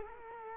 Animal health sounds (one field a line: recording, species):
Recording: mosquito wingbeat signal from an infrared sensor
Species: Culex quinquefasciatus